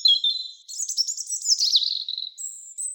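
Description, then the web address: European robin singing: thin high whistled notes, then a rapid jumbled twittering phrase that falls in pitch, ending on a long, very high, thin tone. "Erithacus rubecula"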